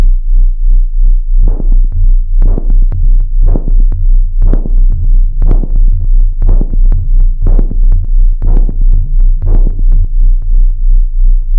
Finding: Cosmonaut heart beat.